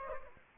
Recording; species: mosquito wingbeat signal from an infrared sensor; Aedes aegypti